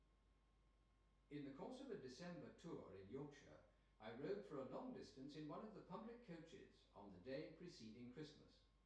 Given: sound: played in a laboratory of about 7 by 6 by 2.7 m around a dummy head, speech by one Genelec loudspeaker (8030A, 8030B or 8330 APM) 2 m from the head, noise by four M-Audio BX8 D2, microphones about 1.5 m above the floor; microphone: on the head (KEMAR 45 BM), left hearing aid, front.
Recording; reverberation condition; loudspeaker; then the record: male speech in English; medium; 120 degrees to the right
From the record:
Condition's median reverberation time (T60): about 510 ms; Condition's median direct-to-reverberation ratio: about -0.5 dB